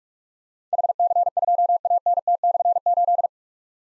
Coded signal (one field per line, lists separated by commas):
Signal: Morse code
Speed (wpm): 44 wpm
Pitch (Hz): 700 Hz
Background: none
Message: HC2ANT/8